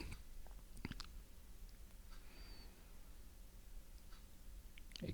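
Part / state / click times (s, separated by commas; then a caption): plastic interior tub into diecast car body / seated / 4.8 s, 5.0 s. The plastic interior tub of a 1:64 Redline 1968 Custom Cougar diecast car is pressed back into its metal body. After a few faint taps early on and quiet handling noise, it snaps into place with sharp clicks at 4.8 and 5.0 seconds, and it is seated.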